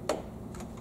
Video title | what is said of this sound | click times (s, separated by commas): Bissell ProHeat 2X Revolution Pet Pro Carpet Cleaner Model 2007F COSTCO Item 3000115 UNBOX cleaning | over there and I should just be able to push this into place and it should click Wow | 0.1 s